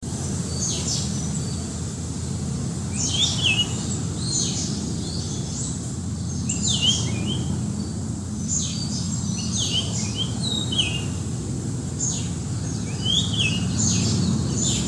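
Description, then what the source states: Japanese grosbeak singing in short bursts of high, whistled sliding notes, grouped into phrases every few seconds, with a constant low rumble underneath. Recorded 2 May 2019.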